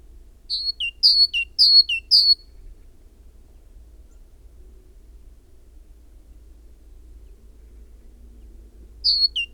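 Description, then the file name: Great tit song: four crisp two-note phrases, each a high note falling to a lower one, followed by silence and a final phrase starting. "Parus major"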